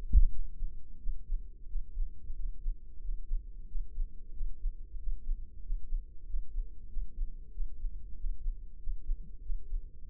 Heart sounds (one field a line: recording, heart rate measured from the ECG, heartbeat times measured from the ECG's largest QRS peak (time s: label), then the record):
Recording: heart sounds by microphone in the left ear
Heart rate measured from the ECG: 92 bpm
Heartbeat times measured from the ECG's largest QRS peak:
0.32 s: heartbeat
1.00 s: heartbeat
1.69 s: heartbeat
2.37 s: heartbeat
3.02 s: heartbeat
3.68 s: heartbeat
4.34 s: heartbeat
5.00 s: heartbeat
5.63 s: heartbeat
6.27 s: heartbeat
6.90 s: heartbeat
7.54 s: heartbeat
8.17 s: heartbeat
8.80 s: heartbeat
9.43 s: heartbeat
10.07 s: heartbeat
From the record:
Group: healthy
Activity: rest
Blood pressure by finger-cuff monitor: 146/77 mmHg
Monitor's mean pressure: 96 mmHg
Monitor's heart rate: 93 bpm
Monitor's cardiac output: 7.9 L/min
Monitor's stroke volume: 87 mL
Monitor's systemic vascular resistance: 890 dyn s/cm5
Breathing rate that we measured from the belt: 21 breaths a minute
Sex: male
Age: 21 years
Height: 175 cm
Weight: 72.6 kg